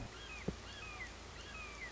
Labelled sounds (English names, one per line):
Red-shouldered Hawk